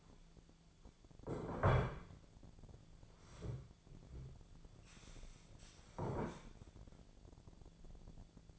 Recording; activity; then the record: daily activity, microphone in the room; sit down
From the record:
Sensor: 5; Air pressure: 1008.2 hPa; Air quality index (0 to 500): 155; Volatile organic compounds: 3 ppm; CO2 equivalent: 1492 ppm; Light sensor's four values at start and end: 59/165/64/64 and 59/165/64/64